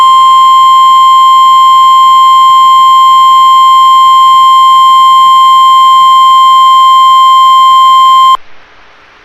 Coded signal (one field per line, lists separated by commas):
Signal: Emergency Alert System (SAME) tones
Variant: 853 and 960 Hz attention tone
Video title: [EAS Compilation] 2025 Minnesota Statewide Tornado Drill Emergency Alert System Tests